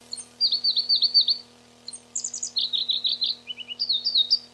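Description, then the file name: Pallas's leaf warbler with a quick, energetic song: a run of high wavering notes, a brief pause, then ringing trills and chattering downslurs, plus a faint hum. Recorded 29 June 1994. "29 06 94 Pproregulus"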